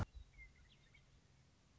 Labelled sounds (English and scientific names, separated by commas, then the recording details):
Western Meadowlark (Sturnella neglecta)
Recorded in Sonoma County, California